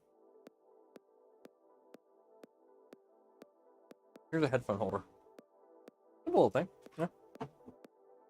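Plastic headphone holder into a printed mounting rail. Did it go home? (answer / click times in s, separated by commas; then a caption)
yes / 7.4 s. A small 3D-printed plastic headphone holder is pressed into a printed mounting rail of a modular mounting system while someone talks over music with a steady beat. A louder click at 7.4 s stands out from the beat as the holder pops right in and seats.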